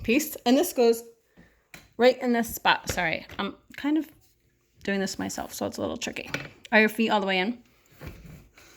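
Someone talks while handling an accessory piece that comes with a Permobil F5 power wheelchair, positioning it at its mounting spot. There is only brief handling noise between the speech. Nothing has seated or clicked yet.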